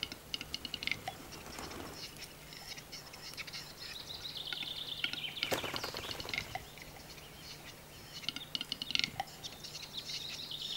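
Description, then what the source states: Western capercaillie display: sharp clicks, a few pops and scratchy, hissing whetting phrases. Display (lekking song, Hungarian 'dürgés') recorded in the Czech Republic.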